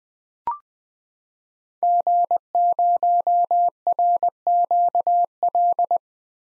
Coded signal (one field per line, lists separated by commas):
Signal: Morse code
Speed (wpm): 21 wpm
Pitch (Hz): 700 Hz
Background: none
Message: G0RQL